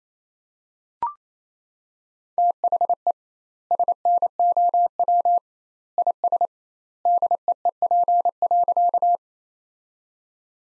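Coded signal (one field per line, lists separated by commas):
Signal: Morse code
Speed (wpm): 27 wpm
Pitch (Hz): 700 Hz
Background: none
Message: THE SNOW IS DEEP.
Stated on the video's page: Morse practice sentences at 28 wpm with twice standard word spacing, a Farnsworth-like method.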